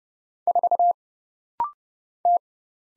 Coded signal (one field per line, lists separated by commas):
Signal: Morse code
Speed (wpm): 29 wpm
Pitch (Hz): 700 Hz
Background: none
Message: 4 T